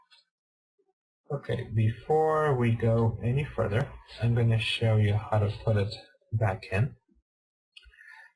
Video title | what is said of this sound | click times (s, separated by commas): Samsung NC110 Netbook Screen Replacement Procedure | you want to do is slide it in and you'll hear two snaps | 7.8 s, 7.9 s